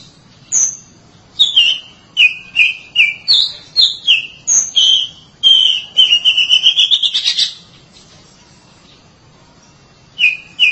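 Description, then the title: Oriental magpie-robin song: clear whistled notes, mostly short repeated phrases, building into a fast rising trilled run near the middle, then a pause before the song resumes. "Suara Kicauan Burung Kacer"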